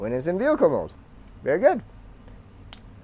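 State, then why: Partly seated. Someone talks while pressing a plastic panel into the vehicle-mode body of a Transformers Studio Series 86 Movie Bumblebee toy, giving a single sharp click at 2.7 s. The parts are only partly snapped together and need pressing a little more to seat fully.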